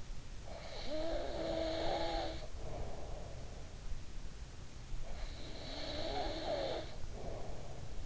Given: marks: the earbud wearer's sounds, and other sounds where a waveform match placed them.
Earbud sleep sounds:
sounds in sleep by an in-ear microphone; snoring breath
0.20-4.17 s: snoring breath
4.72-8.06 s: snoring breath

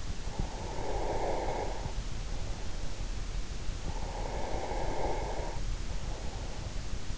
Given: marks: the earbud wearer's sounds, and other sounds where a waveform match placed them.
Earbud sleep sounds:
sounds in sleep by an in-ear microphone; breath
0.10-2.90 s: breath
4.04-7.18 s: breath

